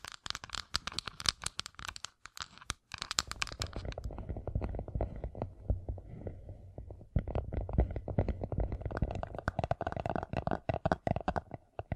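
Fingertips covered in gems tap and scratch in quick, dense bursts of sharp clicks and rasps. The activity stops briefly around two and three seconds, softens into lower rumbling scratching from four to seven seconds, then returns to busy, bright tapping until the end.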